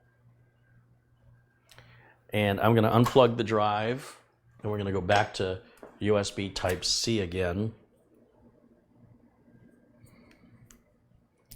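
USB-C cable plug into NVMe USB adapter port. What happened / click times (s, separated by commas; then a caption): Handled, not yet home: small plug handled, no seating click yet / none. Someone talks while a USB Type-C cable plug is handled at the port of an M.2 NVMe USB enclosure adapter, with faint handling noise and a few small ticks after the speech. Nothing has seated or clicked yet.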